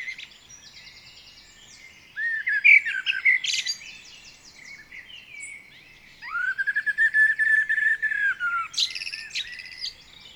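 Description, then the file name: Common blackbird song in two bursts: fluted, slurred phrases followed by rapid high-pitched twittering, separated by a few seconds of near silence. "Turdus merula"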